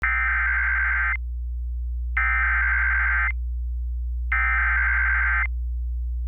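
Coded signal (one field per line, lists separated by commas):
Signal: Emergency Alert System (SAME) tones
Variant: header bursts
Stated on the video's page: Valid EAS tones.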